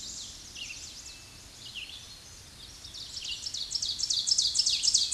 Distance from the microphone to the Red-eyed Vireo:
about 30 m